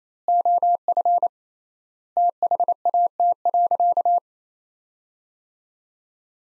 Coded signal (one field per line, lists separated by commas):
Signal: Morse code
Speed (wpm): 28 wpm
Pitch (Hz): 700 Hz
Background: none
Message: OF THAT.